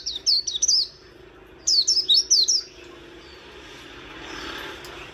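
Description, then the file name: White-eye gives two short phrases of high, rapid, down-slurred twitters, then quiet with faint background hiss. "Zosterops"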